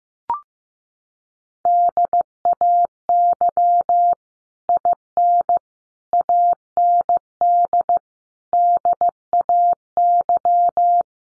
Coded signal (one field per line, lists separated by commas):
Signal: Morse code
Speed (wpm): 15 wpm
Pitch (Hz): 700 Hz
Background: none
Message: DAY IN AND DAY